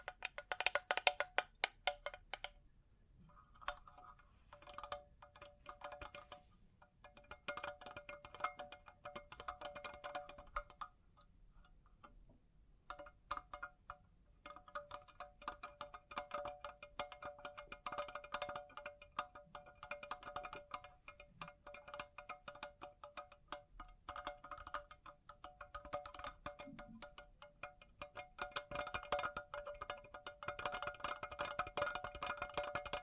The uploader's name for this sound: Bling Bling Triggers